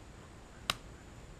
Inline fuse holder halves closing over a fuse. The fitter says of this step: it clicks and you're back in business now